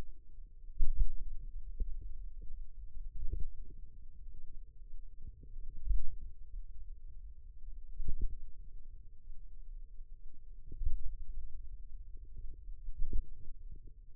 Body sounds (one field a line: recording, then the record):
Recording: forearm muscle sounds (acoustic myography)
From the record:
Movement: pen grasping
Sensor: system 2, bracelet of six BSWA MPA416 microphones around the upper forearm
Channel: 6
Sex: female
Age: 22 years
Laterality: right